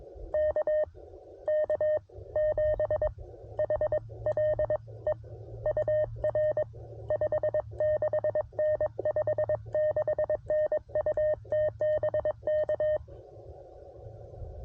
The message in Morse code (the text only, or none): KK7HLE UR 56N 56N UT BK